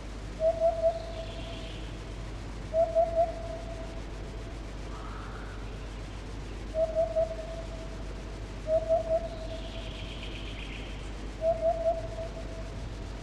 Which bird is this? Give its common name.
Eurasian Hoopoe